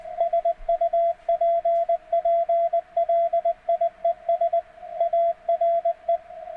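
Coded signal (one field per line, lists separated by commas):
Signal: Morse code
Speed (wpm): 20 wpm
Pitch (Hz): 680 Hz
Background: radio noise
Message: SUPPLIES ARE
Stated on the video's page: CW received through varying passband widths, showing that narrowing the passband improves readability.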